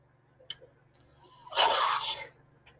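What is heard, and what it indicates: Soft mechanical clicks and a brief rising whistle lead into a short hiss of rushing air, just under a second long, then another faint click. This is the cycling of a mechanical ventilator delivering a breath to its user, heard behind quiet room tone.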